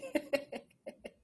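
A quick run of five short, voiced bursts from an adult, a brief cough that blends into a laugh in a small room.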